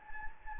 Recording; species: mosquito wingbeat signal from an infrared sensor; Anopheles gambiae